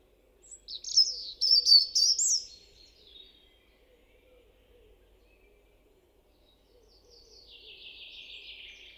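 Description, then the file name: European robin song, a bright phrase of rapid high whistles and chattering notes, then a quiet pause and a faint descending trill near the end. "Erithacus rubecula"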